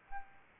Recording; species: mosquito wingbeat signal from an infrared sensor; Aedes albopictus